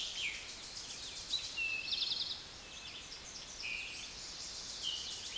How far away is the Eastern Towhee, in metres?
about 35 m